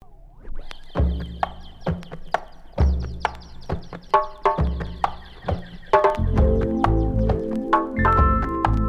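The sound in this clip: Sheep: lamb bleating, a drawn-out wavering bleat toward the end, after a run of knocks and clatter with a thin steady whine in the background.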